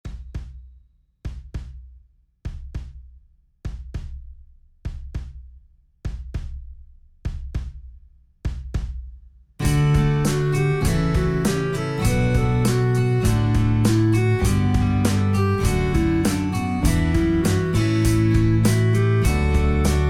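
An adult's slow, regular heartbeat at about 50 beats per minute, with low-pitched thuds. After about 10 seconds it gives way to music.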